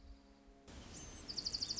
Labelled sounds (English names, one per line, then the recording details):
Dark-eyed Junco
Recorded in Sonoma County, California